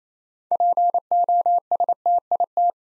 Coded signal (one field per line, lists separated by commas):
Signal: Morse code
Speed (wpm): 27 wpm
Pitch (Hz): 700 Hz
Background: none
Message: POSTIT